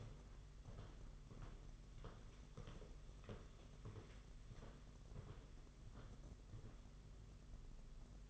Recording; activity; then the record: daily activity, microphone in the room; walk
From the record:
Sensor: 4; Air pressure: 992.4 hPa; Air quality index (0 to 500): 132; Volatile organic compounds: 48 ppm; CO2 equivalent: 3274 ppm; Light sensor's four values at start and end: 20/72/26/27 and 20/72/26/27